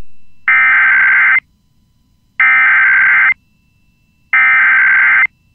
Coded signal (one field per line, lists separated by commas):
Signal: Emergency Alert System (SAME) tones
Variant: header bursts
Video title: EAS #1898 - Child Abduction Emergency Amber Alert for New Jersey on my iPhone and WJON IP 1-5-2023